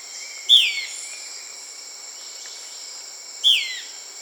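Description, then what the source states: Euler's flycatcher calling twice, each a short downslurred whistle, roughly three seconds apart, against a steady buzzing insect background. South America.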